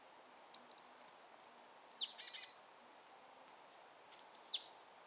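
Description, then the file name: Marsh tit calls: three bursts of sharp, high, downslurred notes, one followed by a few short buzzy notes. "Poecile palustris"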